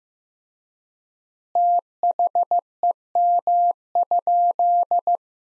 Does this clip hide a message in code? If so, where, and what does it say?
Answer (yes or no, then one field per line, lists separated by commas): yes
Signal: Morse code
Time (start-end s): 1.6-5.2 s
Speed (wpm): 15 wpm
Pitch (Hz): 700 Hz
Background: none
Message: THEM?